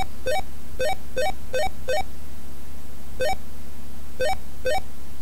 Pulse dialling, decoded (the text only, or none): none